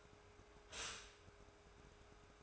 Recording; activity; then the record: daily activity, microphone in the room; stop toaster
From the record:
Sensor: 2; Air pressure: 1014.6 hPa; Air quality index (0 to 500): 201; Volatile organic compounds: 22 ppm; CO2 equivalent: 2754 ppm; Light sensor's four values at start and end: 3/9/3/3 and 3/9/3/3